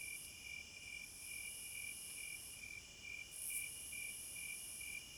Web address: Nature Sounds In HD Sounds of Nature Hypnotizing Forest- Wolves, Crickets, Owls and Singing Birds Midnight Concert